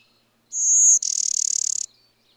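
Bird song: a high pure note swells for half a second, then breaks into a quick rattling buzz before stopping.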